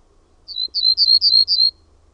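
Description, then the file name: Ortolan bunting song of five identical high, downslurred notes repeated evenly over about a second, with little else audible. "PELTOSIRKKU"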